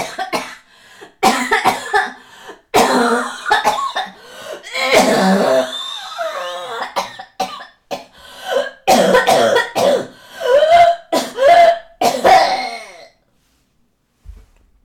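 A long fit of harsh, forceful coughing from an adult woman, with well over a dozen bursts over about thirteen seconds, some with a strained, voiced, rasping edge and gasping pauses between them. It ends in silence. A horrible, severe-sounding cough.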